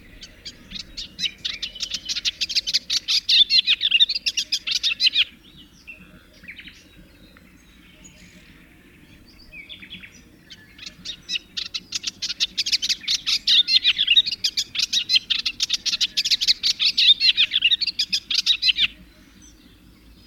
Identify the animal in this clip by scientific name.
Iduna pallida